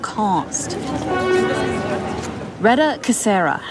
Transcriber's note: soundbite of car horn honking